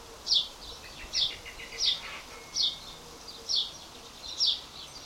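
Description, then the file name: House sparrow chirping repeatedly, short bright descending notes roughly every second, with faint softer chirps between them and a low hiss behind. "Passer domesticus"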